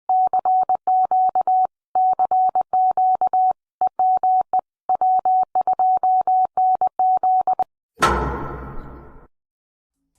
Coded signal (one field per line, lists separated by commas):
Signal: Morse code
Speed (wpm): 20 wpm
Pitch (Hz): 750 Hz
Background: none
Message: CQ CQ EME W2NZ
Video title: Joe Taylor K1JT WSJT-X FT8 and Beyond (ซับไทย)